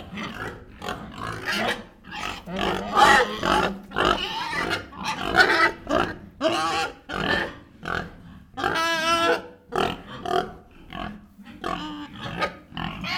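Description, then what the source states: Pigs squealing and grunting in a noisy mix, with shrill harmonic squeals rising over steady low grunts from several animals. Recorded in a piggery.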